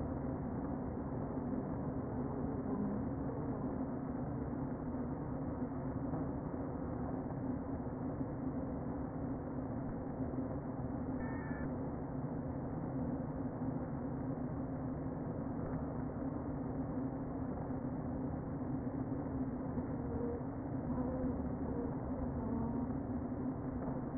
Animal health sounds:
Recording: honeybee colony, microphone inside the hive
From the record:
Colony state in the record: queen present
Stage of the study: before two queens were removed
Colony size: about 60,000 bees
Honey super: yes

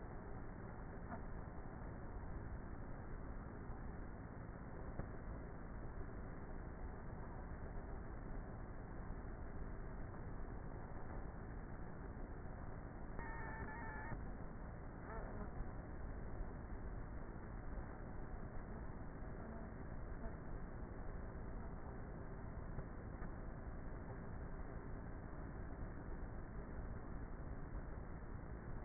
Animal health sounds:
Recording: honeybee colony, microphone inside the hive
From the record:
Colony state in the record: queenless with a low population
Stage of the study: before two queens were removed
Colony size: about 30,000 bees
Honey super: no

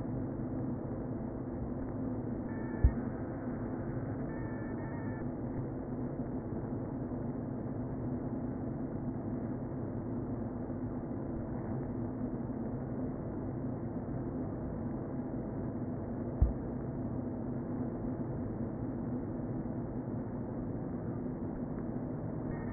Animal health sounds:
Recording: honeybee colony, microphone inside the hive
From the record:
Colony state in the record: queen present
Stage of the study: before two queens were removed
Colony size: about 60,000 bees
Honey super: yes

